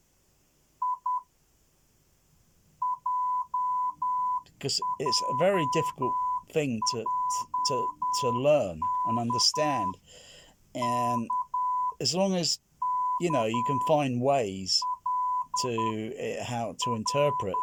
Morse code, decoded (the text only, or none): I J J J K K K L R